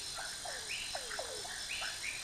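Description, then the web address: Brownbelly leaf frog producing a few brief descending chirps, spaced irregularly, with fainter higher notes and a steady insect whine behind. Recorded in the Ecuadorian Amazon. "Natures Songs S America Frogs of Ecuadorian Amazon Phyllomedusa tarsius"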